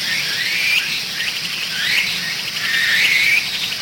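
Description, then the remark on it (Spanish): Amazon jungle ambience: a dense, steady high-pitched drone of mosquitoes fills the air while bird calls rise in short whistling chirps every second or so, with no voices. “¿Notan los mosquitos de esa selva del Amazonas?”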